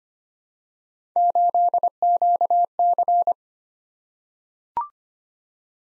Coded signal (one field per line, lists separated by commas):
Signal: Morse code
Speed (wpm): 25 wpm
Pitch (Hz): 700 Hz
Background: none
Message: 8QC